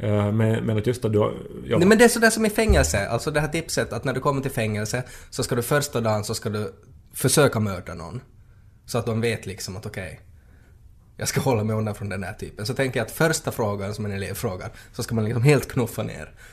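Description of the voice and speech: A man speaks Swedish in a relaxed, conversational monologue with a low-pitched voice, natural rhythm and a few short pauses. His articulation and voice quality are ordinary and fluent, with no sign of a speech disorder.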